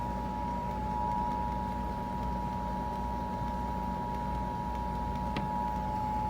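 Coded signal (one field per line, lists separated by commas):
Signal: Emergency Alert System (SAME) tones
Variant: 853 and 960 Hz attention tone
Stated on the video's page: Flash Flood Warning EAS alert relayed by two broadcast stations.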